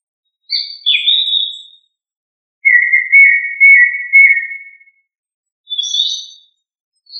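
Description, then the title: Thrush song: short clear whistled phrases, some dropping and some level, separated by pauses of under a second, with a longer level whistle in the middle. "Familia Turdidae - Sabia"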